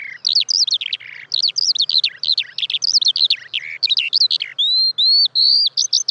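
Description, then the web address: Eurasian skylark pouring out a quick, jerky warble of high chirps, then a few longer, steadier whistled notes near the end. "fugler sanglerke"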